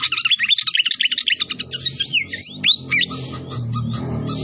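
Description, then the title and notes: Pied fantail giving a fast string of sharp chirps and a few upslurred whistles, fading after three seconds into steady low noise. Masteran (training) of a clear voice mixed with the sound of trickling water. "Masteran Sikatan Kipas Suara Jernih Dan Suara Gemericik Air. Suara Burung Sikatan Londo"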